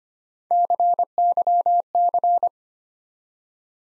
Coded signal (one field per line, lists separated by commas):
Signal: Morse code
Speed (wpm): 25 wpm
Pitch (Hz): 700 Hz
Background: none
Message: CYC